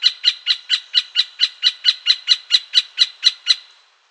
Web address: fagelljud nagra mellanspett